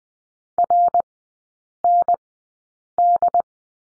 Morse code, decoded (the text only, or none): RND